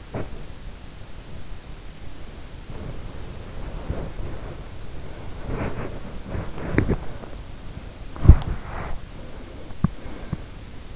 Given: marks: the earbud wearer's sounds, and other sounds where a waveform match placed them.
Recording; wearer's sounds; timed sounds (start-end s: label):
sounds in sleep by an in-ear microphone; body movement
0.00-10.96 s: body movement